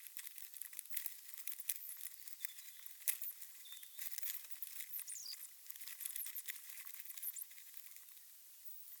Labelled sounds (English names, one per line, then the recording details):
Hazel Dormouse call
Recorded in the wild
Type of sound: call
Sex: pair
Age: adult
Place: Jena, Thüringen, DE
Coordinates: 50.9178, 11.5264
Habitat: Nestbox
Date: 2024-05-13 19:46
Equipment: audiomoth
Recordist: Nüske, Jörg
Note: Schwarzer Graben (unten): Serie von Lauten während der Paarung